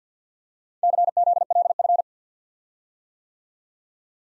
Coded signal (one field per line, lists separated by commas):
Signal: Morse code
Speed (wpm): 52 wpm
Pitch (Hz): 700 Hz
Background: none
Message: CZLF